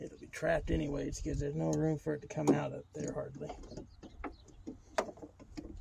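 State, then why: Seated. Someone talks while pushing the socket end of a replacement hood strut onto the ball stud on a 1989 Buick Reatta, during a broken hinge replacement. Sharp clicks land at 4.2 s and 5.0 s, followed by a few quieter taps. The strut end is seated; its clip does not match perfectly, but the fitting is trapped anyway because there is hardly room for it to come out.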